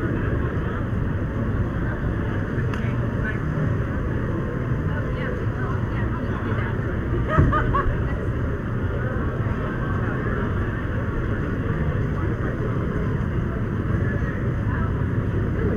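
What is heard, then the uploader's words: Crowd noise at a Pride celebration in San Francisco: a thick, steady low rumble like engines and a large gathering, with indistinct voices mixed through it. Around the middle a brief, sharper burst, like a shout or clatter, rises above the constant din. San Francisco’s yearly ‘Lesbian, Gay, Bisexual, and Transgender Pride Celebration’. San Francisco’s historic gay community in the Castro District. Here are the sounds from the street, where bars have thrown open their windows against the summer heat. SF Pride.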